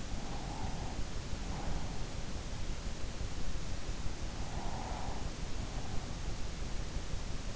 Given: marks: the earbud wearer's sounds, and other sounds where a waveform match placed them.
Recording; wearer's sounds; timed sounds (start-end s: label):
sounds in sleep by an in-ear microphone; breath
0.28-2.00 s: breath
4.27-6.40 s: breath